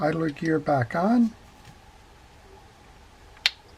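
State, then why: Seated. During reassembly of an Ambassadeur 6500 C3 baitcasting fishing reel, a flea-market find being serviced, the metal idler gear is pushed back onto its post in the reel's side plate. Someone talks for the first second or so, then the room goes quiet until one sharp, bright snap at 3.5 s as the idler gear seats in place.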